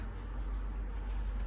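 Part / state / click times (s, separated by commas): robot hand/arm into die-cast toy robot body / seated / 1.0 s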